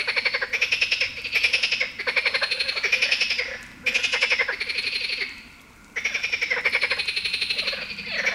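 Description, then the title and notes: Marsh frog giving loud, rapid rattling croaks, bouts running together with only brief gaps. Heviz, Hungary. "Heviz, Grenouille rieuse. Hungary, Heviz, frog"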